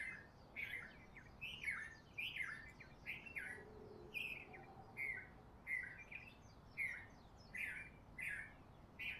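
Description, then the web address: Bird calls: harsh, slightly squawky chirps repeated more than once a second throughout. Recorded in Honolulu in the morning. "lynne-publishing Honolulu Morning Bird"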